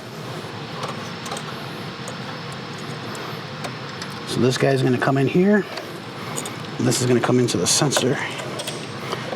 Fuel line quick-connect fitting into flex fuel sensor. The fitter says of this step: hear that click and then this one's going to click